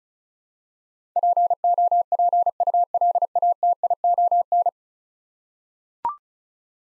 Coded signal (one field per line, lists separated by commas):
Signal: Morse code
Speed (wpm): 36 wpm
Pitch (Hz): 700 Hz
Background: none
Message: POPULATION